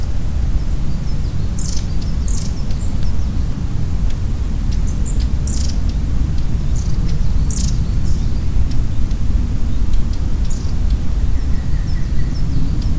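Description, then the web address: Long-tailed tit calls: thin, very high notes in short scattered bursts throughout, over a steady low rumble of wind or noise. Recorded 17 March 2014 at Hiraguri; described as song (saezuri). "saezuri enaga 20140317 hiraguri"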